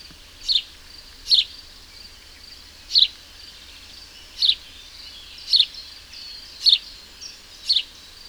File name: Passer domesticus